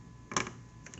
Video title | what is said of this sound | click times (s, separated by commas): AQUASURE HARMONY SERIES 64,000 Grain Whole House Water Softener System Installation | Put the clip, the locking clip in until it snaps. Just like that. | 0.4 s